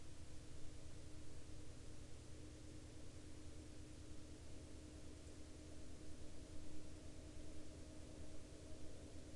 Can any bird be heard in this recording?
no